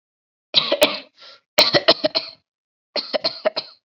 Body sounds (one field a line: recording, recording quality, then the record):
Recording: shallow voluntary cough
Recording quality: excellent, no background noise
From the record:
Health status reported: COVID-19 positive, mild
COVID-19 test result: positive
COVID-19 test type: RT-PCR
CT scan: not taken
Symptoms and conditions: cough, sore throat, fever, fatigue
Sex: female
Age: 24 years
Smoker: no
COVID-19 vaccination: both doses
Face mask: not worn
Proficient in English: yes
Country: India